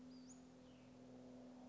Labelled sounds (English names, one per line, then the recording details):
Western Flycatcher
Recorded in Sonoma County, California